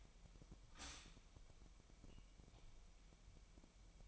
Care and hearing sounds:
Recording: daily activity, microphone in the room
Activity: stop toaster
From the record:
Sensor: 1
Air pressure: 1002.0 hPa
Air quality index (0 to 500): 241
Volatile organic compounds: 46 ppm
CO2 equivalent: 3238 ppm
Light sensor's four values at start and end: 10/34/12/14 and 10/34/12/14

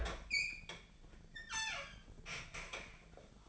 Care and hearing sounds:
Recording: daily activity, microphone in the room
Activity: open fridge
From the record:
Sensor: 5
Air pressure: 1009.8 hPa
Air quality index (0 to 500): 164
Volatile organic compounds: 4 ppm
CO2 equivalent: 1591 ppm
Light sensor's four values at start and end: 110/285/118/126 and 112/288/120/128

